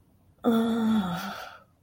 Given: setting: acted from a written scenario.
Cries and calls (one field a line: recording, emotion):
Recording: vocal sound without words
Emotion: shame